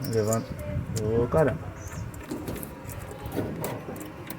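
Someone talks while handling a part of the drive mechanism of an Electrolux 07KG LTE 07 washing machine, fitting it into the mechanism assembly while replacing the mechanism on the noisy machine. Short handling knocks are heard, but nothing has seated or clicked yet.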